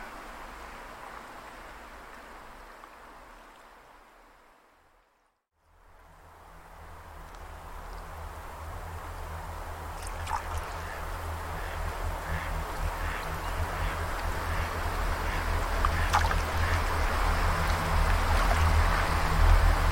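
Outdoor wind and water noise fades nearly to silence around five seconds, then returns and builds steadily louder to the end. A low, constant hum runs beneath it, and short clicks and chirps pop out from about ten seconds on, likely birds or frogs.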